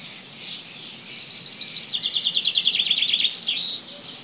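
Bird song: soft high chirps lead into a rapid trill of repeated notes that ends with a brief bright flourish.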